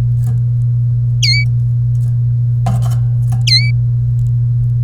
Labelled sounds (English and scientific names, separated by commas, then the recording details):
Domestic Canary (Serinus canaria) song
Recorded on 30 April 2018 at 14:21
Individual llb3